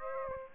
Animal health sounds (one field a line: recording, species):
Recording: mosquito wingbeat signal from an infrared sensor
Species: Aedes aegypti